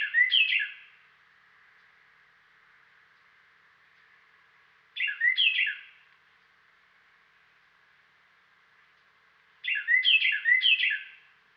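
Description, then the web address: Carolina wren song: three bursts of rich, rolling repeated syllables, roughly five seconds apart, with faint hiss between them. "Dan Gibson Wildlife Identification By Sound, Western North America. Carolina Wren"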